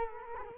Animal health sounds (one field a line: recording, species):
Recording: mosquito wingbeat signal from an infrared sensor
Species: Culex quinquefasciatus